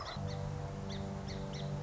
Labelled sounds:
Song Sparrow
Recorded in Sonoma County, California

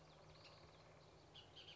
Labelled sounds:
Bullock's Oriole
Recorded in Sonoma County, California

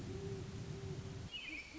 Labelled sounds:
Great Horned Owl
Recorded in Sonoma County, California

